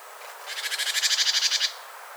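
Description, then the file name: Great tit call, a single dry buzzing rattle of many rapid notes lasting just over a second. "Parus major"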